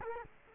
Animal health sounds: mosquito wingbeat signal from an infrared sensor; Culex quinquefasciatus

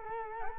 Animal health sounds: mosquito wingbeat signal from an infrared sensor; Culex quinquefasciatus

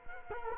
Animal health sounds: mosquito wingbeat signal from an infrared sensor; Culex quinquefasciatus

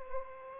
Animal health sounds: mosquito wingbeat signal from an infrared sensor; Aedes aegypti

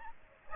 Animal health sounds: mosquito wingbeat signal from an infrared sensor; Aedes aegypti

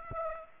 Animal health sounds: mosquito wingbeat signal from an infrared sensor; Aedes aegypti

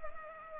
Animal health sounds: mosquito wingbeat signal from an infrared sensor; Culex pipiens

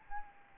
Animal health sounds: mosquito wingbeat signal from an infrared sensor; Aedes albopictus

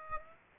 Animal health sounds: mosquito wingbeat signal from an infrared sensor; Aedes aegypti

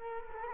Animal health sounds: mosquito wingbeat signal from an infrared sensor; Culex quinquefasciatus

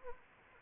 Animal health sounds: mosquito wingbeat signal from an infrared sensor; Anopheles gambiae

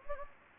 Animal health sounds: mosquito wingbeat signal from an infrared sensor; Anopheles gambiae

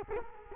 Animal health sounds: mosquito wingbeat signal from an infrared sensor; Culex quinquefasciatus

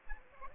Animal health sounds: mosquito wingbeat signal from an infrared sensor; Aedes aegypti

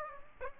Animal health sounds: mosquito wingbeat signal from an infrared sensor; Aedes aegypti

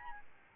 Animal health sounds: mosquito wingbeat signal from an infrared sensor; Aedes albopictus

